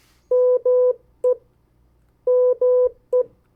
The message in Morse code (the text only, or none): ME ME